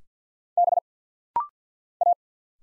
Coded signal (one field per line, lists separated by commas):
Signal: Morse code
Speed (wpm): 50 wpm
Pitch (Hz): 700 Hz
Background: none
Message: B A